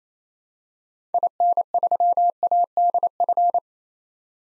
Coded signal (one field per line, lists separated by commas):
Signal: Morse code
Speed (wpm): 27 wpm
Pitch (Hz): 700 Hz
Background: none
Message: IN3ADF